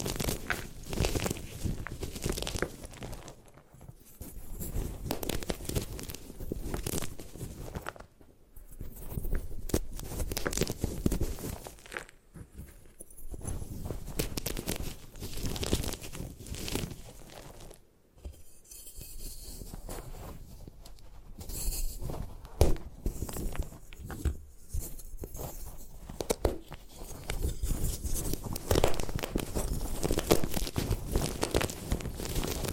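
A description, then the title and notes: A block of gym chalk is crushed and broken apart, with dense, gritty crunching and scraping that runs almost continuously. Brief pauses fall around 4, 8, 12 and 18 seconds before the crumbling resumes. ASMR Satisfying Ways to Destroy Gym Chalk (No Talking).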